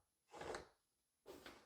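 A stand foot for a Samsung The Frame 50-inch UHD 4K Smart TV (model QN50L), with its clip pulled into position, is lined up with the groove and pushed toward the slot in the back of the TV chassis. Two bursts of handling and rubbing noise are heard, from about 0.3 to 0.8 s and from 1.2 s to the end, with sharp ticks at about 0.5 s and 1.5 s. Nothing has seated or locked in yet.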